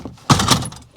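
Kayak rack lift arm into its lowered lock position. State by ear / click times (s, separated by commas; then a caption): seated / 0.3 s. The lift arm of a Thule Hullavator Pro kayak rack, used with an Eddieline Caribbean FS12 kayak, is dipped down into its lowered position. A sharp, loud clack at 0.3 s rings briefly before fading out by about 0.7 s. The arm locks in the lowered position.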